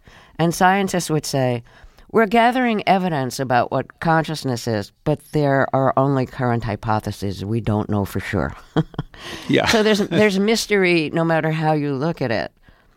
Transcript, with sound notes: And scientists would say, we're gathering evidence about what consciousness is, but there are only current hypotheses. We don't know for sure (laughter).
Yeah.
So there's mystery, no matter how you look at it.